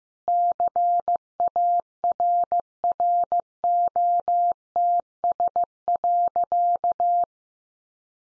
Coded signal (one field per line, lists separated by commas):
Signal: Morse code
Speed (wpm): 15 wpm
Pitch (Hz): 700 Hz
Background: none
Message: CARROTS.